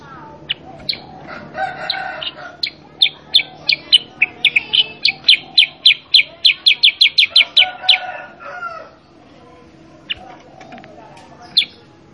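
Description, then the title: Sooty-headed bulbul song: scattered sharp notes building into a long, fast series of high, downslurred chirps, then tapering to a few separate calls. Masteran training song for cage birds, gacor style of energetic nonstop singing, played to prompt other kept birds to answer and copy. "Masteran Kutilang Sutra. Kutilang Sutra mana YANG GAK NYAUT dan IKUT BUNYI GACOR dengan suara Kutilang Sutra Super GACOR Ini"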